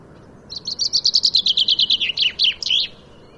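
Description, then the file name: Common chaffinch song: a fast series of bright high notes, gradually descending, ending with a sharp flourish, about two and a half seconds long. "Fringilla coelebs"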